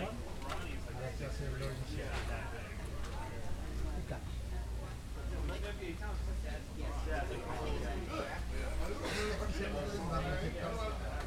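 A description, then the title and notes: Diners chatter over lunch at a busy market, several voices overlapping into a steady, dense babble with no single speaker standing out for long. A low, constant hum runs underneath throughout, and brief bright clinks and clatters pop up now and then, especially around the ninth second. At a busy market diners enjoy lunch and chatter while cooks make delicious food. Recorded on a zoom h1n. Lunch at the busy market.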